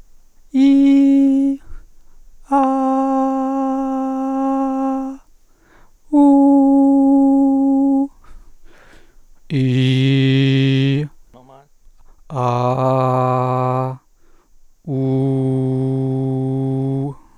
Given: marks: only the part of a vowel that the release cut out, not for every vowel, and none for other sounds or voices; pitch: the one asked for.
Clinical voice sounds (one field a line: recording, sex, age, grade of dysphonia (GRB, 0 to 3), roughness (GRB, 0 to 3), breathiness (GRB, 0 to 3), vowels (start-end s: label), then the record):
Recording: sustained vowels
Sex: male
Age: 30 to 39 years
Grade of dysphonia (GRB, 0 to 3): 2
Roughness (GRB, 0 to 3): 2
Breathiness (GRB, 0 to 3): 0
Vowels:
0.62-1.46 s: vowel /i/, high pitch
2.66-4.63 s: vowel /a/, high pitch
6.22-7.95 s: vowel /u/, high pitch
9.62-10.93 s: vowel /i/, low pitch
12.48-13.79 s: vowel /a/, low pitch
15.02-16.94 s: vowel /u/, low pitch
From the record:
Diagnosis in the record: hypotonic dysphonia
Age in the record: 37 years